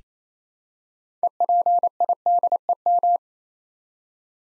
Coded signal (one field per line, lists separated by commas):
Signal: Morse code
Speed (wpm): 27 wpm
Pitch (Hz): 700 Hz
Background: none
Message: EPIDEM